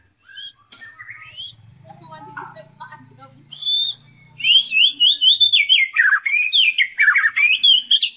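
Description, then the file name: White-rumped shama song: a faint low hum and scattered notes, then from midway a loud, rapid run of bright, repeated rising and falling whistled notes. Song style called 'tembakan', with canary (kenari) and kingfisher (tengkek) phrases worked in. "murai batu tembakan kenari tengkek"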